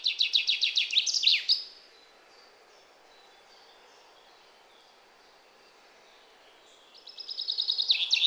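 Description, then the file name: Common chaffinch singing a fast descending trill with an emphatic ending, then about five seconds of quiet before the same song starts again and is cut off. "Fringilla coelebs"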